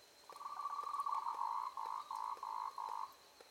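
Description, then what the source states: Frog calling in a rapid trill that breaks into a series of short, evenly spaced pulsed notes, with a faint steady high tone in the background. Recorded on 3 March 2021 in the evening, around 20:47.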